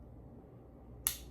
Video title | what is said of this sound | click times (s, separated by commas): Simlandi Injection Guide- It’s Easy! | It clicks again. | 1.1 s